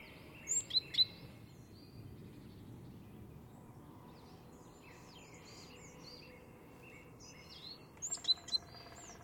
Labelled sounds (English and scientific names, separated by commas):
Great Tit (Parus major) call